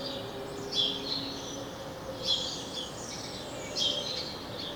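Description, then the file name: House sparrow chirping, three short clusters of high notes roughly every one and a half seconds, against continuous outdoor hiss. "Passer domesticus"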